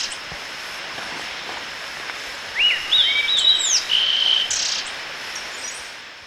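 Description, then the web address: Bronze-green euphonia song: a short burst of high, rising and falling whistled notes with a sustained buzzy tone, over steady insect hiss. Recorded in Ecuador. "Birds of Ecuador. Bronze-green Euphonia"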